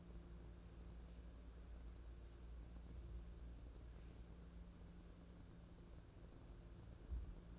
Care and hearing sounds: daily activity, microphone in the room; wipe stove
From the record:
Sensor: 2

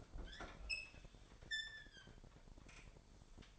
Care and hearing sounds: daily activity, microphone in the room; open fridge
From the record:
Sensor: 5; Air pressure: 1002.1 hPa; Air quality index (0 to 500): 223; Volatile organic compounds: 28 ppm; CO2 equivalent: 2903 ppm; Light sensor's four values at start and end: 9/22/9/10 and 10/24/10/11

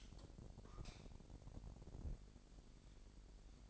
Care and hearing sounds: daily activity, microphone in the room; light off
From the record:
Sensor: 5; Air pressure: 1012.0 hPa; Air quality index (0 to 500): 248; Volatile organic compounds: 5 ppm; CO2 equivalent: 1712 ppm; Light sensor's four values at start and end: 42/100/41/44 and 41/95/39/42

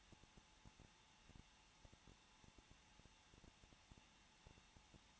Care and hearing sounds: daily activity, microphone in the room; no activity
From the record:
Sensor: 1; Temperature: 20.0 degrees Celsius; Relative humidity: 39.4%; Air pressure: 1006.4 hPa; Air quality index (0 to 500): 219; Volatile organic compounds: 83 ppm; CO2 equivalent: 3629 ppm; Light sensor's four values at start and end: 1/2/1/1 and 1/2/1/1

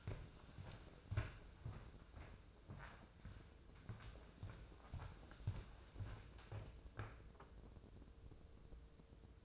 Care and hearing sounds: daily activity, microphone in the room; walk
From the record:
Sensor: 2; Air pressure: 995.8 hPa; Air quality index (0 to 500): 246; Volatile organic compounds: 1000 ppm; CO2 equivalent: 6078 ppm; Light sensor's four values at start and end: 34/80/36/40 and 33/79/35/39

